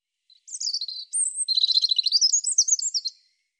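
European robin song: a quick series of high, thin descending whistles running into a rapid, sweet, twittering trill, lasting under three seconds.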